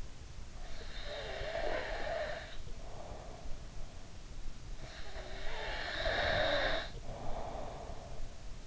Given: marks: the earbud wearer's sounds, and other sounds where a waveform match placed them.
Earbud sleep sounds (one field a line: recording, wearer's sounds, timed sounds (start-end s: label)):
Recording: sounds in sleep by an in-ear microphone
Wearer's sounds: breath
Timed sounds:
0.99-4.12 s: breath
4.77-8.67 s: breath